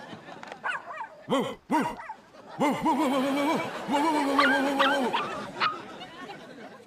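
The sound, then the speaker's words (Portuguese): A big dog's barking blares through concert loudspeakers: a few sharp, loud barks, then a longer run of drawn-out, wavering yelps and whines that rise and fall in pitch. “Parecia um cão enorme, não parecia?”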